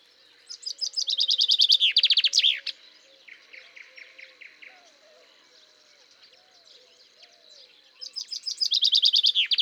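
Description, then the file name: Common chaffinch song: a bright, descending trill ending in a flourish, then a second song begins near the end; faint other birds and a steady high tone behind. "Fringilla coelebs"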